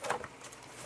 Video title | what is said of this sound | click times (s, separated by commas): MUNBYN Label Holder for Rolls and Fanfold Labels | It locks into place. | 0.1 s, 0.2 s